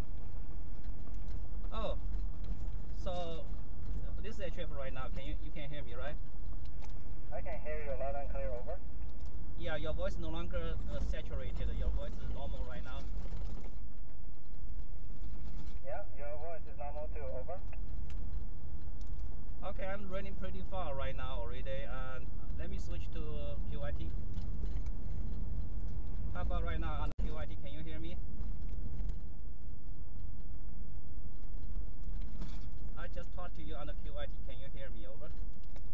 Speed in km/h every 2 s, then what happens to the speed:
23, 26, 23, 26, 31, 34, 31, 29, 32, 32, 37, 40, 44, 47, 44, 37, 32, 31.
0-5 steady at about 23. 5-9 speeds up to 34. 13-25 speeds up to 47. 29-36 slows to 31.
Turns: none.